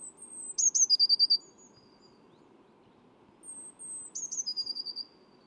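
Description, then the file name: Eurasian blue tit sings two phrases of sharp high notes falling into a quick, tinkling trill, spaced a few seconds apart over low background noise. "Cyanistes caeruleus"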